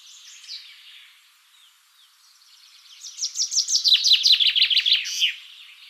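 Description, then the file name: Common chaffinch song: a faint phrase early, then a loud run of bright, descending chirps lasting about two seconds and ending in a short flourish. "Fringilla coelebs"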